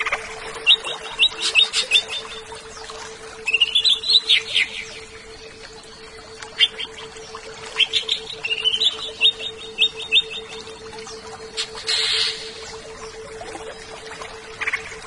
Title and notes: CCKIJDaunKecil. Cucak Ijo